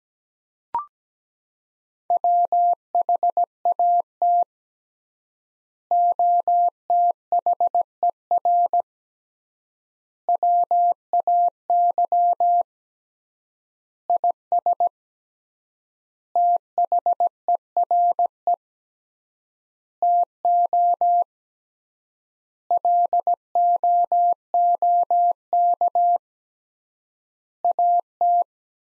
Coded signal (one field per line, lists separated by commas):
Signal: Morse code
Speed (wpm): 17 wpm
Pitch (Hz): 700 Hz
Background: none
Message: WHAT OTHER WAY IS THERE TO LOOK AT